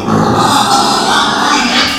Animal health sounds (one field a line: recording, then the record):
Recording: squeal of a Yucatan mini pig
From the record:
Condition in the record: after surgery on the right vocal fold (resection and tissue-engineered implant)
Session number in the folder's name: 13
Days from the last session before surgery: 113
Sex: female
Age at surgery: 19 weeks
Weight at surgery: 25 kg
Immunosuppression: prednisolone